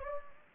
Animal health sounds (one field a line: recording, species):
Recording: mosquito wingbeat signal from an infrared sensor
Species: Anopheles gambiae